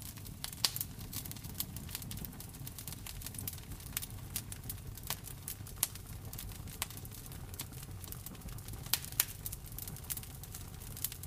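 A fire crackles in a fireplace, with sharp pops and snaps scattered irregularly throughout, some louder ones near 1, 6, 9 and 11 seconds. Beneath them runs a steady low rumble and soft hiss of burning wood, even in level.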